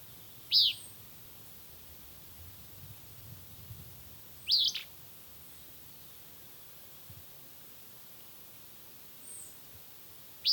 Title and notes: Audio grabado en el Mirador de los Nevados, localidad Suba, Bogotá. Avistamiento de aves hecho el 23 de marzo del año 2025 con el grupo ABO. Elaenia frantzii (Elaenia de montaña)